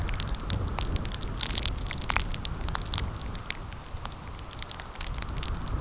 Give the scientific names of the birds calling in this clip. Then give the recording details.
none. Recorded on Arctic tundra, site CORI-1, on 15 June 2018. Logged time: 10:00